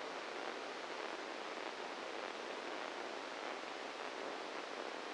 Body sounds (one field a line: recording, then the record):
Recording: brain microelectrode recording played as sound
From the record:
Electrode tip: inside the subthalamic nucleus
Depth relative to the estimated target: 0 mm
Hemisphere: right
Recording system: NeuroSet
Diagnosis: Parkinson's disease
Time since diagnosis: 7 years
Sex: male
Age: 44 years